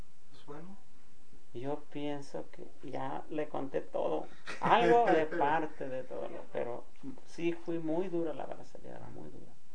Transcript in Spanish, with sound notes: Pues bueno…
Yo pienso que ya le conté todo. (risas) Algo de parte de todo pero sí muy dura la bracereada, muy dura.